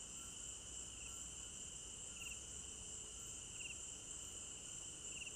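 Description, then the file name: Crickets keep up a constant piercing trill while short chirped bursts repeat every second or two on a lower pitch. Crickets at night in an African village garden; stereo binaural recording. "African-Village Garden Night Crickets 01 Stereo-Binaural"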